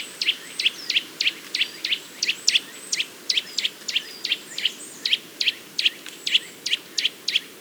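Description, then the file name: Eurasian nuthatch repeating sharp, high chip notes in an even run, with soft high whistles of other birds faintly behind. "Sitta europaea"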